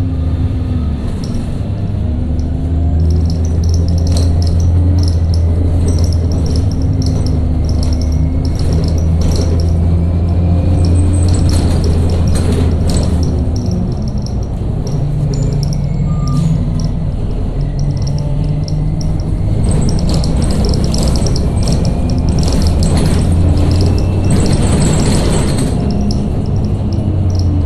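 A bus drives along with a steady low engine drone, joined by repeated clunks and rattles from worn struts, heaviest around 12 and 20–26 seconds.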